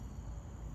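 The armrest locks on an unfolded folding camp chair frame are handled so each armrest can be locked one at a time. For 0.8 seconds there is only a steady low rumble and faint broadband hiss, with no sharp transients. Nothing has seated or clicked into place yet.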